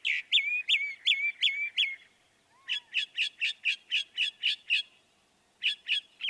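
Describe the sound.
Northern mockingbird song: several looping whistled notes, a pause, then a steady string of sharp repeated chirps, another pause and a fresh burst.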